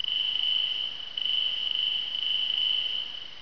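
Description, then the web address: Crickets trilling, a continuous high, thin ringing tone held at one pitch, dipping slightly in loudness midway and again near the end. "So Ho Nook. crickets"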